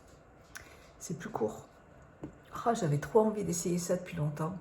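A clip-on accessory is being handled onto its holder or onto the wearer while someone talks, with two short, sharp ticks at about 0.6 s and 2.2 s. Nothing has seated or clicked yet; the clip ends just before the part goes home.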